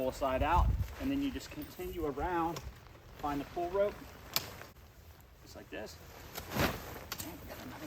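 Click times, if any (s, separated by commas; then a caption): 7.1 s, 7.2 s. A pull rope on one side of a VEVOR pop-up screen gazebo is pulled, and the side panel's frame hub pops out and snaps into the gazebo frame. Someone talks throughout, and a sharp click-clack at 7.1 and 7.2 seconds marks the hub locking into place, fully seated.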